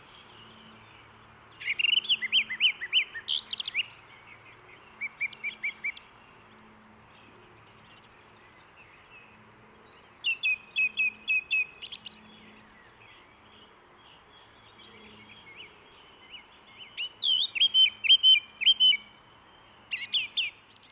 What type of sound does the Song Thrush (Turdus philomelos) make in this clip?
song